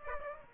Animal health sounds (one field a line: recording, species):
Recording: mosquito wingbeat signal from an infrared sensor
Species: Aedes aegypti